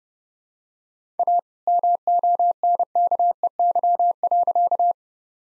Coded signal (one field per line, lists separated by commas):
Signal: Morse code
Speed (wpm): 30 wpm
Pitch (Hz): 700 Hz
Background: none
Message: A MONKEY.